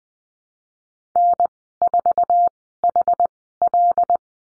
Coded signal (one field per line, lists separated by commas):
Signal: Morse code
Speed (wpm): 20 wpm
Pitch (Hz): 700 Hz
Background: none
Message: N4HL